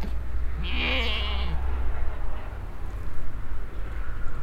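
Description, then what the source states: Goat bleating: one wavering, nasal bleat of about one second with trembling harmonics, over a low rumble of traffic. Group of goats in a corral on a meadow beside a road at Roder, bleating and eating grass, passing traffic in the distance.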